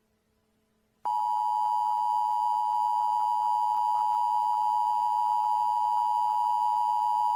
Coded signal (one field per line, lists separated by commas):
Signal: Emergency Alert System (SAME) tones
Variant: 853 and 960 Hz attention tone